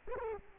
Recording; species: mosquito wingbeat signal from an infrared sensor; Culex quinquefasciatus